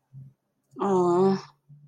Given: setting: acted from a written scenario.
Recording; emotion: vocal sound without words; sympathy